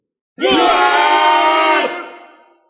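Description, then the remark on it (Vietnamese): A massive crowd of more than ten thousand cultivators roars a battle cry in unison, one loud sustained shout of about a second and a half that breaks off abruptly and then fades out in a lingering tail. “Khi người đàn ông trung niên áo đỏ đạo hàng cất tiếng nói, gã nghe hơn một vạn tu sĩ gầm lên.”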